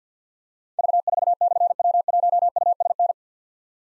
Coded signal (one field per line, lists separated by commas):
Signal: Morse code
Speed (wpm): 52 wpm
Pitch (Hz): 700 Hz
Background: none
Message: V4/W1USN